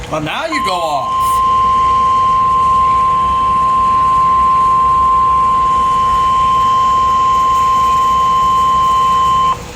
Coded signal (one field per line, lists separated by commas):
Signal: Emergency Alert System (SAME) tones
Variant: 1050 Hz attention tone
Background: speech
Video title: PURE MAYHEM 4: Part 3 | EAS Alerts from 7/17/24 | EAS#1,014-1,050